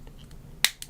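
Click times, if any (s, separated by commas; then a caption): 0.6 s. A plastic leg piece of a Sprukits TMNT Michelangelo snap-fit model kit figure is pushed into its hip joint socket. A single sharp, bright snap at 0.6 s seats the leg in place, followed by a faint tick at 0.8 s over a quiet background.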